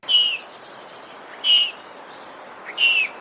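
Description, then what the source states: Young Eurasian lynx giving thin, high whistled peeps, each slightly falling, three of them spaced well over a second apart. Baby lynx call, played as an example.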